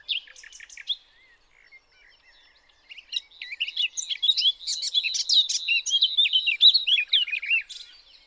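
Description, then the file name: Eurasian blackcap song: brief scratchy notes, a short gap, then a long loud warble of rapid varied whistles and chattering phrases that fades at the end. "Sylvia atricapilla"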